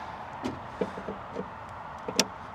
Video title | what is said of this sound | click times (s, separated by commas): Up Your Power Station Game with this EXTENDER! | So, you just push it on until you hear that click. | 2.2 s